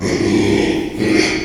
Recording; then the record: squeal of a Yucatan mini pig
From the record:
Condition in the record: after surgery on the right vocal fold (resection and tissue-engineered implant); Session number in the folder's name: 2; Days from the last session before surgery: 13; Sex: male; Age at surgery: 12 weeks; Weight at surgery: 13 kg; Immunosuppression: cyclosporine, prednisolone